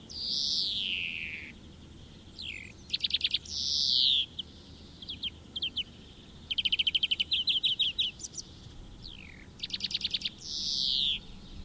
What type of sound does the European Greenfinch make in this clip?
song